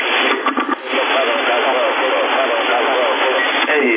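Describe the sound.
A voice comes over a CB radio in Sassari with a quick, light echo effect repeating behind it, the sound narrow and tinny, with steady hiss filling the channel throughout.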